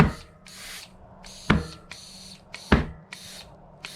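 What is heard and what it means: A new tubeless tire is inflated on a mountain bike rim, with bursts of hissing air as the rubber bead climbs onto the rim seat. Loud pops sound at 0.0, 1.5 and 2.7 seconds. The bead is not fully seated yet, and more air is needed until the bead line shows all the way round.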